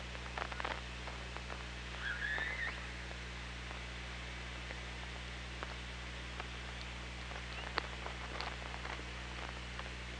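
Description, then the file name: Orca call, a single short upswept whistle around two seconds, amid sharp clicks and a constant low hum. OrcaLab hydrophone recording, 24 August 2017, 16:03. "Orca Lab UTLN JASON 20170824 160343"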